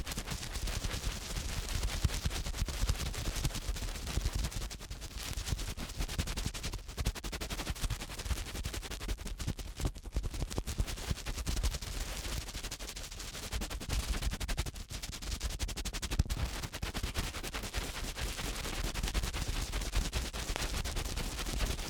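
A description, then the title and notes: Ear cleaning, a dense, fast stream of crackling, scratchy pops, loud and steady throughout with brief dips. ASMR Strong Fast Ear Cleaning Collection (No Talking).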